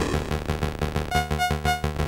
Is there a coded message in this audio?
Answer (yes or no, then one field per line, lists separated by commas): no